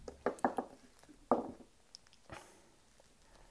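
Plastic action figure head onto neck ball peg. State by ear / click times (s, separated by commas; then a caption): partly seated / 1.3 s. A swapped plastic action figure head sculpt is pushed onto the figure's neck ball peg. A few light plastic clicks and taps come early, then a sharp pop at 1.3 s as the head goes on, followed by softer handling sounds. The head has popped onto the peg but is not fully down; it is left partly seated so it can be heated rather than forced.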